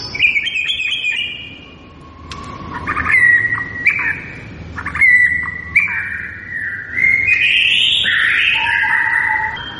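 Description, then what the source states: White-rumped shama pouring out varied whistles, chatters and slurred notes, rising and falling in pitch, with one loud, drawn-out phrase near the end. Lure (pancingan) recording of a lively, vigorously singing (gacor) white-rumped shama, meant to make listening birds respond.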